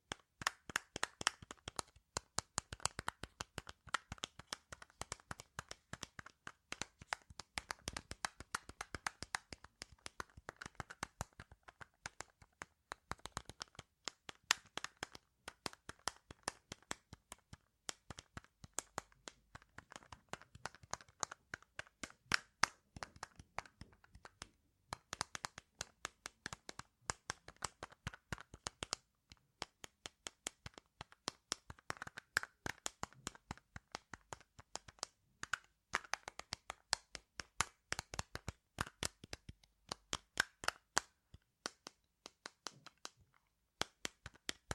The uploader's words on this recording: I'll also have some layered tapping at the end just to mix it up a bit.